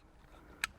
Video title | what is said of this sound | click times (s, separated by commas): Tech Garage S5 E6 PROJECT M&M CRUISER NOT CRUISING Mercury Marquis cruise control problems | gonna receipt this till I hear the click there | 0.6 s